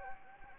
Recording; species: mosquito wingbeat signal from an infrared sensor; Anopheles gambiae